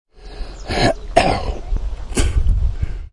Cough and spit.